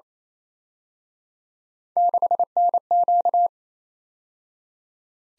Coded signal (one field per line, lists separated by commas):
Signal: Morse code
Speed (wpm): 32 wpm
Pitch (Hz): 700 Hz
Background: none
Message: 6NQ